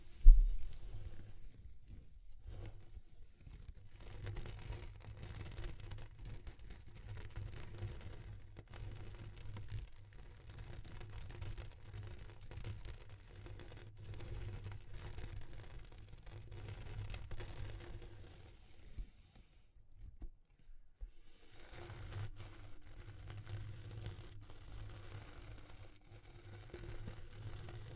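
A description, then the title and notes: Soft, irregular crinkling and rustling textures run throughout, with scattered small clicks and tearing-like crackles over a steady low hum. The level stays fairly even, with brief quiet gaps near 2, 4 and 20 seconds before the rustling resumes. ASMR Exploring Textures (No Talking).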